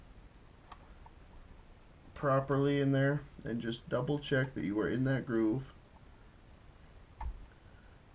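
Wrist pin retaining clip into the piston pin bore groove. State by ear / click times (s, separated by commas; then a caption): seated / 7.2 s. A wrist pin retaining clip is pushed into the groove of the pin bore in a chainsaw piston during a Husqvarna 257 to 262 conversion rebuild. Someone talks from about 2.1 to 5.7 s, with two faint ticks near 0.7 s and 1.1 s. A single sharp click at 7.2 s marks the clip seating in its groove.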